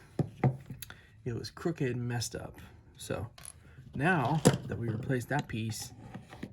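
A battery pack is handled at a Baofeng UV-5R handheld radio whose battery clip has just been replaced because the old one was crooked and messed up. Someone talks over short, sharp handling taps around 0.2–0.9 s and again near 6.2–6.4 s. The battery is not in place yet, and nothing has seated or clicked.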